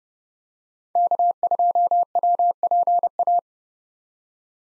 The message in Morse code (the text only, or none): K2WPA